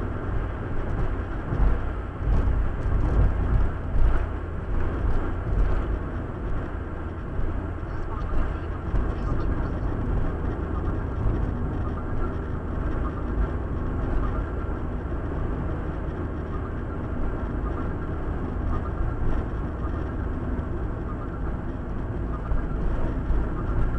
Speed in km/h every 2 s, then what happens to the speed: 84, 79, 78, 78, 76, 74, 73, 73, 74, 72, 70, 69.
0-24 slows to 69.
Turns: none.